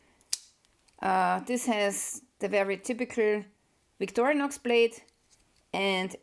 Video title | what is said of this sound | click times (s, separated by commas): Which Victorinox is the right one? | it locks in place and now uh if I want to fold Back the Knife again | 0.3 s